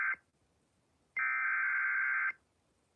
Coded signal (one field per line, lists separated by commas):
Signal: Emergency Alert System (SAME) tones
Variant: header bursts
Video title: EAS Severe T’storm Warning #14 3/14/25 (Credit Goes To @SouthernPennsylvaniaWX & @KanawhaCountyWX)